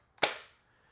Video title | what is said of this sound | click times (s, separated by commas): RUGGED CAMERA CONTROL!! - Supcase UB Grip for iPhone 16 Pro Max | solid solid click onto the case it fits on there really nicely | 0.2 s